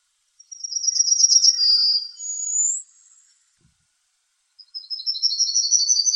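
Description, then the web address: Bird song: high, rapid trilled phrases, a buzzy run followed by a rising note, then a fresh trill after a pause; no other sounds. "birdsong 17 АЯ"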